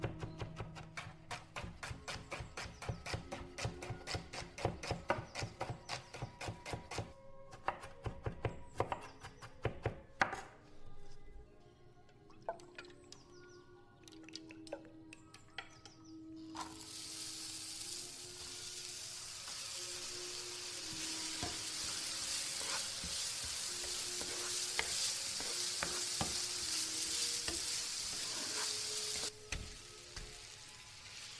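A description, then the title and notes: Kitchen cooking sounds play over soft oldies music. The first ten seconds bring rapid, busy clicking and tapping of utensils; then it quiets to the melody before a steady, bright sizzle of frying starts around sixteen seconds and holds until near the end. 19th century | Vintage kitchen ASMR Ambience | cooking with oldies playing. Granny is cooking in the kitchen while oldies music playing from living room.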